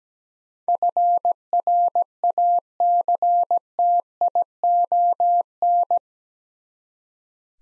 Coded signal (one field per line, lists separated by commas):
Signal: Morse code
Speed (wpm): 17 wpm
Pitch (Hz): 700 Hz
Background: none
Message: FRACTION